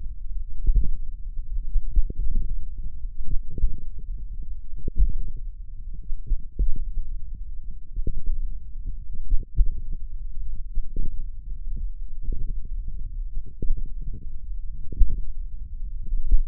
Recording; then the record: forearm muscle sounds (acoustic myography)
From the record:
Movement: tripod grip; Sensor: system 1, eight BSWA MPA416 microphones around the upper forearm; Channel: 5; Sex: female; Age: 21 years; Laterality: right